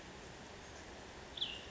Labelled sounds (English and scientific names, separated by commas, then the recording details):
Cassin's Vireo (Vireo cassinii)
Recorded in Sonoma County, California